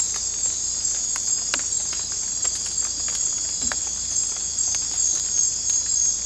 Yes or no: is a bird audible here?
no